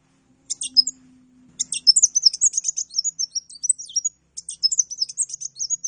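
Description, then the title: Oriental magpie-robin song: rapid high chattering phrases mixed with clear slurred whistles, in three bursts with short gaps, over a faint low hum early on. Bird-training recording for masteran; lively, chatty singing described as gacor; a champion bird. "Kacer Juara Gacor"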